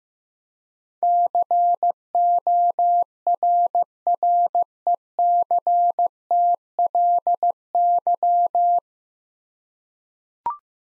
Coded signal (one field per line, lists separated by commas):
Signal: Morse code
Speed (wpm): 15 wpm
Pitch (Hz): 700 Hz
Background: none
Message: CORRECTLY